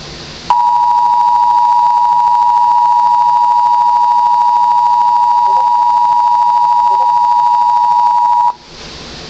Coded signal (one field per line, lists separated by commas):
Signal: Emergency Alert System (SAME) tones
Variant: 853 and 960 Hz attention tone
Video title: Tornado Warning for Dupage and Kane on WDFA virtual EAS #4